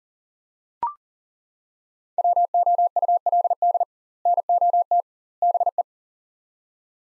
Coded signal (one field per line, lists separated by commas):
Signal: Morse code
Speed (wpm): 37 wpm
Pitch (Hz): 700 Hz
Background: none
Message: WOULD NOT BE